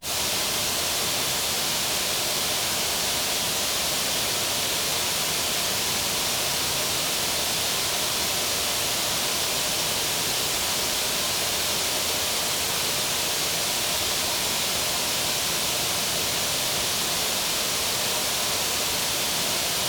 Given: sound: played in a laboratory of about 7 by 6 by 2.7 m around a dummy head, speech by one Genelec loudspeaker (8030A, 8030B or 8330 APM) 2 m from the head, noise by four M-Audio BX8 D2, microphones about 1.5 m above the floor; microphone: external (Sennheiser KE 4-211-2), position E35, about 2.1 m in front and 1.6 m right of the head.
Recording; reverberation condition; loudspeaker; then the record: white noise; high; four, about 170 cm from the corners of the room and facing them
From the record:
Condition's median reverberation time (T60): about 1300 ms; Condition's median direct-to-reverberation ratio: about -4.0 dB